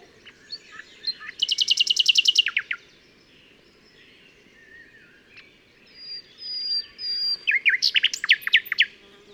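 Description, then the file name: Common nightingale song phrases: a fast burst of repeated sharp notes, a quiet gap with soft whistles, then a second rapid series of loud chirps. "Luscinia megarhynchos"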